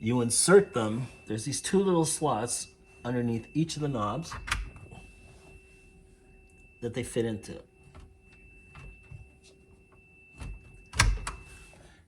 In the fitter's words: you hear them snap in and then you grab a hold